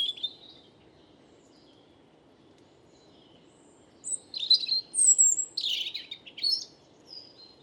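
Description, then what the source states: European robin song: a brief thin phrase, then after a pause a longer run of sharp high whistles and trills that shift pitch rapidly. First autumn song of the season; Bois de Vincennes; calm, windless, cloudless morning, 30 September 2018; Nagra recorder with mono parabolic microphone.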